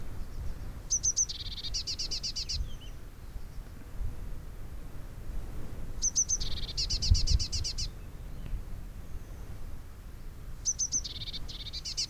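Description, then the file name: Eurasian blue tit calls in three bursts about every five seconds, each a high thin note series followed by a rapid buzzy trill, over low rumble. "Cyanistes caeruleus"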